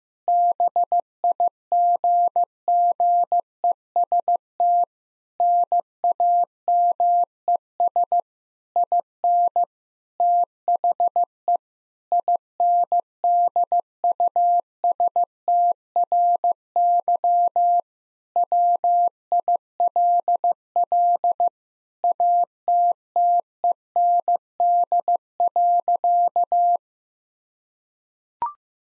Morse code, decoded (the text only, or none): BIGGEST NAMES IN THE INDUSTRY WILL ATTEND.